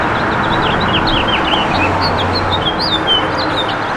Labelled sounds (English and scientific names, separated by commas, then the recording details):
House Finch (Haemorhous mexicanus) song
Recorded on Long Island, New York, on 28 June 2012
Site SB
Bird B